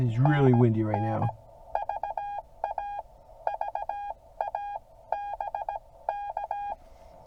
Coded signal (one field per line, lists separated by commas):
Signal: Morse code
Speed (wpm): 17 wpm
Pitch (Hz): 810 Hz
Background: speech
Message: NN VA VA BK